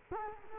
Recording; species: mosquito wingbeat signal from an infrared sensor; Culex quinquefasciatus